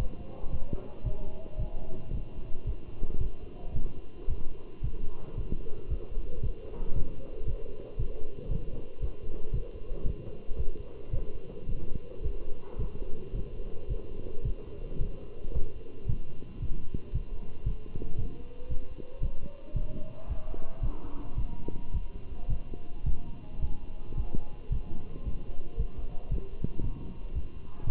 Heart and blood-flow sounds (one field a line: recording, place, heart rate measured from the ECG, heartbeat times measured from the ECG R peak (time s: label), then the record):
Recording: heart sounds by stethoscope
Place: between the tricuspid and mitral areas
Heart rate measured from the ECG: 112 bpm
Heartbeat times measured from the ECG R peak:
0.52 s: heartbeat
1.05 s: heartbeat
1.59 s: heartbeat
2.13 s: heartbeat
2.67 s: heartbeat
3.21 s: heartbeat
3.75 s: heartbeat
4.29 s: heartbeat
4.84 s: heartbeat
5.37 s: heartbeat
5.90 s: heartbeat
6.43 s: heartbeat
6.96 s: heartbeat
7.47 s: heartbeat
7.99 s: heartbeat
8.51 s: heartbeat
9.02 s: heartbeat
9.54 s: heartbeat
10.06 s: heartbeat
10.58 s: heartbeat
11.13 s: heartbeat
11.69 s: heartbeat
12.24 s: heartbeat
12.79 s: heartbeat
13.35 s: heartbeat
13.90 s: heartbeat
14.45 s: heartbeat
15.01 s: heartbeat
15.55 s: heartbeat
16.09 s: heartbeat
16.62 s: heartbeat
17.14 s: heartbeat
17.66 s: heartbeat
18.19 s: heartbeat
18.70 s: heartbeat
19.23 s: heartbeat
19.76 s: heartbeat
20.29 s: heartbeat
20.83 s: heartbeat
21.38 s: heartbeat
21.94 s: heartbeat
22.50 s: heartbeat
23.06 s: heartbeat
23.62 s: heartbeat
24.17 s: heartbeat
24.72 s: heartbeat
25.26 s: heartbeat
25.79 s: heartbeat
26.32 s: heartbeat
26.84 s: heartbeat
27.35 s: heartbeat
27.87 s: heartbeat
From the record:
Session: walking at 3.7 km/h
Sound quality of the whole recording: good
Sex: male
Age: 27 years